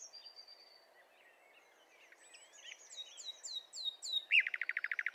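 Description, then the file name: Common nightingale song building from soft whistles and chirps into a fast, loud series of repeated notes at the end. "Luscinia megarhynchos"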